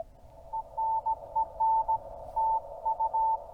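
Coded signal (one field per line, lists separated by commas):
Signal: Morse code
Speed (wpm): 17 wpm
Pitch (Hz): 890 Hz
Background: none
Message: ENEN TU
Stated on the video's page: Morse from a park activation (POTA) at Haynes Bottom, Tennessee, run on a 12 V battery with RG-316 coax.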